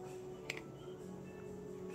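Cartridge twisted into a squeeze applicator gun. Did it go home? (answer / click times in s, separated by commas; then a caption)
yes / 0.5 s. A cartridge is lined up by its grooves and twisted down into a squeeze applicator gun with a viewing window. It seats with a sharp, short click at 0.5 s and a fainter tick just after, over a steady low hum with faint music in the background.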